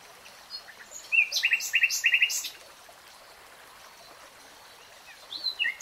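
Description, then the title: Nightingale song: a quick phrase of repeated chirping notes, then quiet, with a few further notes near the end. Nightingale singing, recorded in real time. "[Tiếng chim hót] 3 Hours REALTIME Nightingale Singing"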